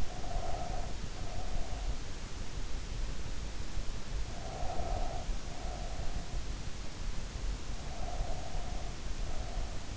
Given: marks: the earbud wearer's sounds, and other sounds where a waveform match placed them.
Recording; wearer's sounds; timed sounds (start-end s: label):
sounds in sleep by an in-ear microphone; breath
0.00-2.01 s: breath
4.31-6.19 s: breath
7.80-9.76 s: breath